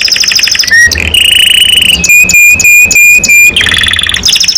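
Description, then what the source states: Canary singing nonstop: fast trills, a buzzy churr, then a series of pure level whistles pulsed in quick repeated bursts before another rapid trill. Domestic canary described as gacor, singing constantly; a champion songbird, first place at a competition level.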